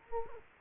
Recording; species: mosquito wingbeat signal from an infrared sensor; Culex quinquefasciatus